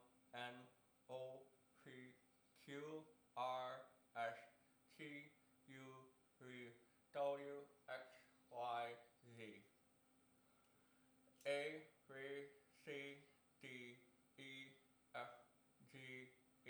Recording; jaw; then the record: letters of the alphabet, spoken; constrained by a bite bar between the teeth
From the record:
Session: first day, right after the free take